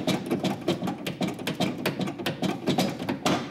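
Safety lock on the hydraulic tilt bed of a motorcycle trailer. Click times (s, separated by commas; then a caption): 1.1 s, 1.5 s, 1.9 s, 2.3 s, 3.1 s, 3.3 s. The hydraulic tilting bed of a motorcycle trailer is pumped up until its metal safety lock catches, giving a steady series of sharp clicks. The clearest clicks land at 1.1, 1.5, 1.9, 2.3, 3.1 and 3.3 seconds. The safety lock clicks into place and the bed is locked.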